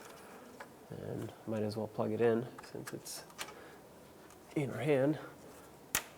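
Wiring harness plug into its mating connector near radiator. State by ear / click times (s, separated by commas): seated / 5.9 s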